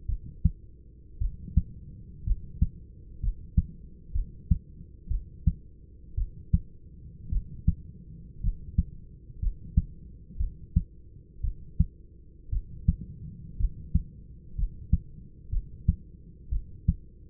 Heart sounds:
heart sounds by stethoscope; 58 bpm
0.07 s: heartbeat
1.19 s: heartbeat
2.24 s: heartbeat
3.20 s: heartbeat
4.13 s: heartbeat
5.08 s: heartbeat
6.15 s: heartbeat
7.30 s: heartbeat
8.41 s: heartbeat
9.40 s: heartbeat
10.38 s: heartbeat
11.41 s: heartbeat
12.50 s: heartbeat
13.57 s: heartbeat
14.56 s: heartbeat
15.50 s: heartbeat
16.50 s: heartbeat
From the record:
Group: healthy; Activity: rest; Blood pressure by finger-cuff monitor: 159/73 mmHg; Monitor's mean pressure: 98 mmHg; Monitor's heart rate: 58 bpm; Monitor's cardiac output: 6.1 L/min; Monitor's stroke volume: 106 mL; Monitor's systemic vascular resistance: 1200 dyn s/cm5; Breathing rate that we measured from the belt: 11 breaths a minute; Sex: male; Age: 25 years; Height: 170 cm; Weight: 70.4 kg

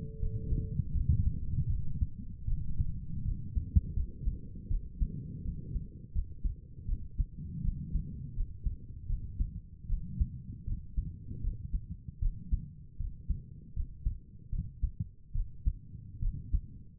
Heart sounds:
heart sounds by stethoscope; 79 bpm
0.20 s: heartbeat
0.93 s: heartbeat
1.68 s: heartbeat
2.47 s: heartbeat
3.24 s: heartbeat
3.95 s: heartbeat
4.69 s: heartbeat
5.44 s: heartbeat
6.14 s: heartbeat
6.87 s: heartbeat
7.63 s: heartbeat
8.35 s: heartbeat
9.08 s: heartbeat
9.88 s: heartbeat
10.66 s: heartbeat
11.42 s: heartbeat
12.21 s: heartbeat
12.98 s: heartbeat
13.75 s: heartbeat
14.51 s: heartbeat
15.34 s: heartbeat
16.21 s: heartbeat
From the record:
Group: healthy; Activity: cold pressor test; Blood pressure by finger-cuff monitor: 83/56 mmHg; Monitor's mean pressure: 65 mmHg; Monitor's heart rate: 79 bpm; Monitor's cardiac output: 6.2 L/min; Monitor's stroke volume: 78 mL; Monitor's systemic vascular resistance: 750 dyn s/cm5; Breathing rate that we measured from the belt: 25 breaths a minute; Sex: female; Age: 22 years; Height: 163 cm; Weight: 67.1 kg

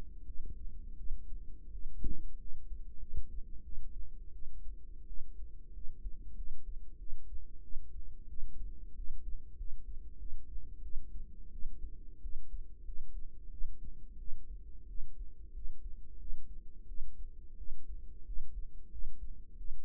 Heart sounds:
heart sounds by microphone in the right ear; 90 bpm
0.24 s: heartbeat
0.95 s: heartbeat
1.70 s: heartbeat
2.36 s: heartbeat
2.98 s: heartbeat
3.62 s: heartbeat
4.31 s: heartbeat
5.05 s: heartbeat
5.71 s: heartbeat
6.34 s: heartbeat
6.97 s: heartbeat
7.60 s: heartbeat
8.27 s: heartbeat
8.94 s: heartbeat
9.55 s: heartbeat
10.17 s: heartbeat
10.81 s: heartbeat
11.50 s: heartbeat
12.20 s: heartbeat
12.84 s: heartbeat
13.49 s: heartbeat
14.17 s: heartbeat
14.86 s: heartbeat
15.52 s: heartbeat
16.17 s: heartbeat
16.86 s: heartbeat
17.56 s: heartbeat
18.24 s: heartbeat
18.89 s: heartbeat
19.56 s: heartbeat
From the record:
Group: healthy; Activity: rest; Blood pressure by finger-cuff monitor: 87/62 mmHg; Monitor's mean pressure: 70 mmHg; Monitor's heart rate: 91 bpm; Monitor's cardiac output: 7 L/min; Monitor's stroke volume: 77 mL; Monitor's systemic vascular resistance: 720 dyn s/cm5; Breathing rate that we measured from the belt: 18 breaths a minute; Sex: female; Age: 19 years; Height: 163 cm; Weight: 48.9 kg

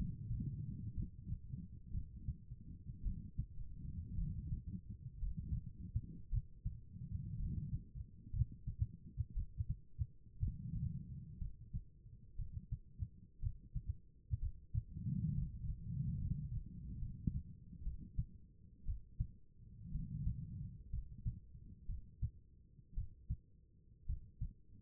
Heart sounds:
heart sounds by stethoscope; 60 bpm
0.94 s: heartbeat
1.91 s: heartbeat
3.02 s: heartbeat
4.15 s: heartbeat
5.19 s: heartbeat
6.29 s: heartbeat
7.36 s: heartbeat
8.30 s: heartbeat
9.33 s: heartbeat
10.39 s: heartbeat
11.38 s: heartbeat
12.36 s: heartbeat
13.40 s: heartbeat
14.39 s: heartbeat
15.34 s: heartbeat
16.19 s: heartbeat
16.99 s: heartbeat
17.83 s: heartbeat
18.85 s: heartbeat
19.91 s: heartbeat
20.90 s: heartbeat
21.86 s: heartbeat
22.94 s: heartbeat
24.06 s: heartbeat
From the record:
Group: healthy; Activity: rest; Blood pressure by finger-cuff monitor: 92/59 mmHg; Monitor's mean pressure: 68 mmHg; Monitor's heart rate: 59 bpm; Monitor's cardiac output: 4.5 L/min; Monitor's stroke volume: 76 mL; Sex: female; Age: 36 years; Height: 163 cm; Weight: 88 kg

